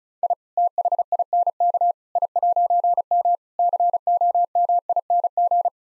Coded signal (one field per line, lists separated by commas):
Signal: Morse code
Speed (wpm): 36 wpm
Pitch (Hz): 700 Hz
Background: none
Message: I THINK I'M COMING